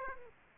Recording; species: mosquito wingbeat signal from an infrared sensor; Aedes aegypti